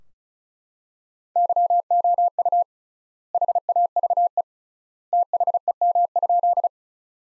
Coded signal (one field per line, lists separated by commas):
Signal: Morse code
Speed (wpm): 34 wpm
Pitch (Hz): 700 Hz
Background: none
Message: YOU HAVE THEM?